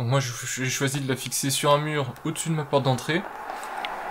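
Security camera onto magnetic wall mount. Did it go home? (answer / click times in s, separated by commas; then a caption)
yes / 3.9 s. An Arlo Pro 2 wireless security camera is snapped onto its magnetic wall mount, fixed to a wall above a front door, and held by a magnet strong enough to keep it in place. A man talks for most of the clip. Then a short, sharp hit at 3.8 s marks the camera seating onto the mount.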